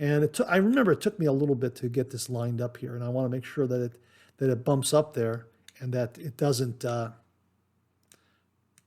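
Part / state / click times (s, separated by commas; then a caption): vintage safety razor part into razor handle / partly seated / 8.1 s, 8.8 s. Someone talks for about seven seconds while sliding a vintage safety razor part into the razor handle, then two short, quiet clicks are heard at 8.1 s and 8.8 s. The part clicks in but is only partly engaged and not fully home.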